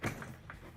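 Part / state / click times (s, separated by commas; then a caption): seat bottom cushion into golf cart flip seat frame / seated / 0.2 s, 0.5 s. The seat bottom cushion of a SEAT-421 RHOX Rhino flip seat kit is pushed down onto the flip seat frame of an old-style Club Car DS golf cart. A soft thud opens the clip, then sharp clicks are heard at 0.2 and 0.5 seconds as the cushion locks into place on the frame.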